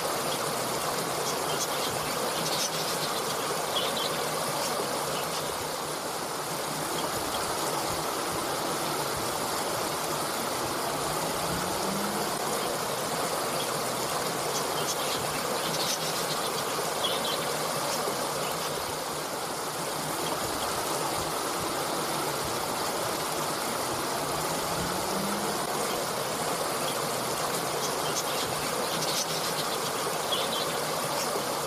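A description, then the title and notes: A river flows with a steady, dense rushing wash, faint high chirps scattered across it and a low rising hum near 12 and 26 seconds. Nature sounds of a forest river for relaxing nature soothing sound of a waterfall bird sounds. The calming and relaxing nature sounds of a flowing river, the soothing ambiance of a gentle waterfall, and the delightful melodies of birdsong.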